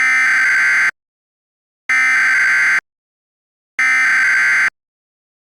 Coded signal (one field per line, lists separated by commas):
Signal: Emergency Alert System (SAME) tones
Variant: header bursts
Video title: EAS Scenario 5: Karen's Brainrot Infefction